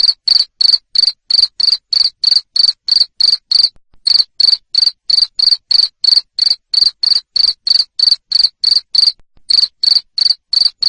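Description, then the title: Steady loud cricket chirps, high pulsed notes about three per second, interrupted by two short pauses. Loud cricket chirping used to stimulate lovebirds to sing continuously. "Suara JANGKRIK NGERIK Keras Bikin LOVEBIRD Jadi NGEKEK Terus Vubey"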